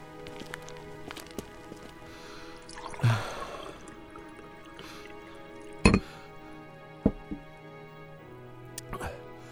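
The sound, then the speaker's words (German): A brief splash of water poured into a glass in a kitchen, lasting about half a second, followed by a few scattered sharp clinks and taps over a quiet, humming background. “Ich hol mir nur etwas Wasser, dann wird's schon wieder gehen.”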